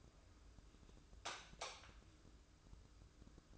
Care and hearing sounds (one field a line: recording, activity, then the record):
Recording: daily activity, microphone in the room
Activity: light off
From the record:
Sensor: 2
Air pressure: 995.2 hPa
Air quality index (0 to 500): 76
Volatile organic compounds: 3 ppm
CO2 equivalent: 1340 ppm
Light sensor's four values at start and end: 12/36/14/14 and 8/18/7/8